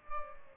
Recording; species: mosquito wingbeat signal from an infrared sensor; Aedes albopictus